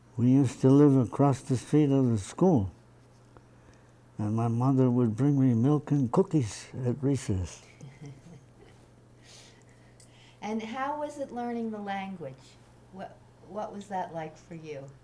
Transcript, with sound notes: We used to live across the street of the school and my mother would bring me milk and cookies at recess.
[Laughs] And how was it learning the language? What — what was that like for you?